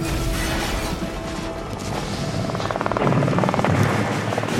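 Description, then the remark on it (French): American helicopter rotors thump in a steady, rapid chopping rhythm over a dense, loud engine roar, the beating growing stronger toward the end; reinforcements arriving at the battle of Ap Bak in the Mekong Delta, Vietnam, January 1963. “Les Américains, alertés, envoient alors des renforts. Mais 14 de leurs hélicoptères seront touchés.”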